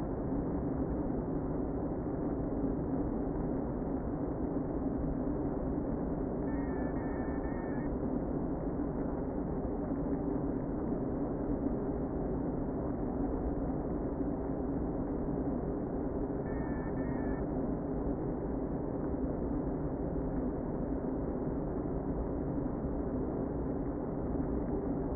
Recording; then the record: honeybee colony, microphone inside the hive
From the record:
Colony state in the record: queen present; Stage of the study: before two queens were removed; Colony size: about 60,000 bees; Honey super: yes